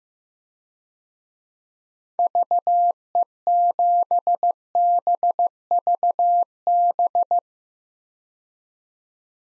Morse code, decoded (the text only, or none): VE7BVB